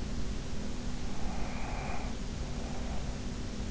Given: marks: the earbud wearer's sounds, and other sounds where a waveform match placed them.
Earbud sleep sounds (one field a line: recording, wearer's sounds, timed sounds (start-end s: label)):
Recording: sounds in sleep by an in-ear microphone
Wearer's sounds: breath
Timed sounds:
0.92-3.11 s: breath